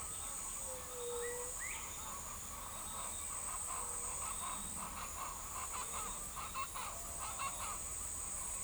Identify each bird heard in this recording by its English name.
Chestnut-winged Chachalaca, White-tipped Dove, Crested Bobwhite